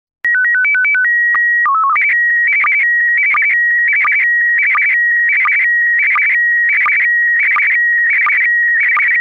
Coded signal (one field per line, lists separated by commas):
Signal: SSTV (slow-scan television)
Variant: PD 90